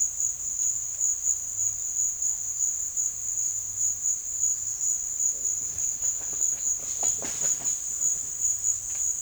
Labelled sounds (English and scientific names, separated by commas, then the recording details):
none
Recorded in secondary vegetation near Puerto Asís, Putumayo, Colombia, on 24 June 2025
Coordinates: 0.488, -76.319
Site G094